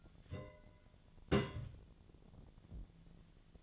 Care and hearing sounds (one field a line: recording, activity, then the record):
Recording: daily activity, microphone in the room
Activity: place on stove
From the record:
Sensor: 4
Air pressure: 1010.8 hPa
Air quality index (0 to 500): 170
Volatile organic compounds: 5 ppm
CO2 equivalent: 1730 ppm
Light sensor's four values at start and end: 38/110/44/45 and 38/109/44/45